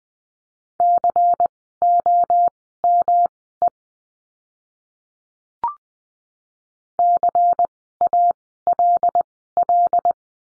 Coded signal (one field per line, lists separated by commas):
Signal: Morse code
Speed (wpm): 20 wpm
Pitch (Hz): 700 Hz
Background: none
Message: COME CALL